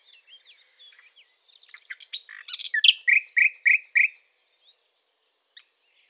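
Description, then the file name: Common nightingale song: soft scattered whistles, then a loud phrase of several rapidly repeated sharp notes, ending abruptly into quiet. "Luscinia megarhynchos"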